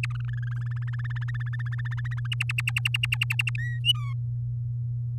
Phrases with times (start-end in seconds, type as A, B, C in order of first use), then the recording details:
0.10-1.81 A, 1.85-2.27 B, 2.32-3.50 C, 3.58-3.79 D, 3.84-4.14 E. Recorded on 8 May 2018 at 10:29. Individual llb16